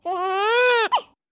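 A French newborn's cry, soft at the onset, with pitch rising steadily and falling only slightly at the very end, followed by a brief second short cry; a rising melody contour like the rising intonation of French.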